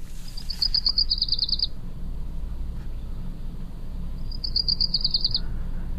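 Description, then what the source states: Wilson's Warbler song: a rapid, high chattering run of chips that drops slightly in pitch, given twice, over a faint low rumble. Small songbird, yellow below, olive-green back, yellow face, dark wings and tail, male black-capped; breeds across Canada and the western U.S., winters from Mexico through much of Central America.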